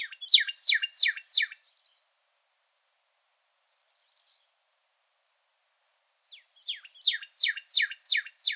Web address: Sound Library Grosbeaks Buntings AZFO PYRR Deviche 080303